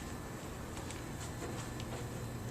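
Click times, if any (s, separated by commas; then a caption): none. The cutter bar of a Xyron 2500 laminating machine is brought back to the machine and slid toward its groove before being pushed home, over a steady low hum. Brief faint ticks of handling sound at about 0.9 s and 1.8 s. Nothing has seated or clicked yet.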